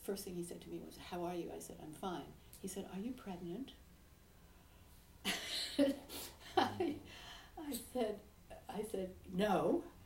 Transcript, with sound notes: first thing he said to me was, "How are you?" I said I'm fine. He said, "Are you pregnant?" (laughs) I said, "No.